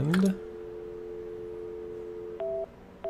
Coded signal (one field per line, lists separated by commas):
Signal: telephone call progress tone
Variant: North America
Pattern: dial tone